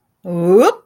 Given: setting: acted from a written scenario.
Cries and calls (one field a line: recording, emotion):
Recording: vocal sound without words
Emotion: amusement